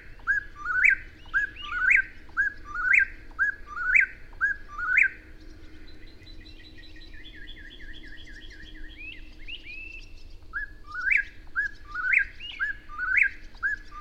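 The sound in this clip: Bird singing a rising whistled phrase about once a second, broken midway by a quicker run of thin, falling, slightly buzzy notes, then the whistled phrases resume.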